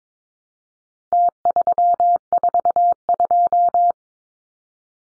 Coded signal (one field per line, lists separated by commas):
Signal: Morse code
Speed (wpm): 22 wpm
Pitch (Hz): 700 Hz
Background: none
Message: T342